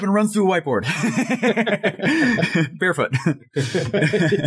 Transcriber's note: laughing